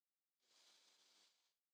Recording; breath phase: one breath near a microphone; inhalation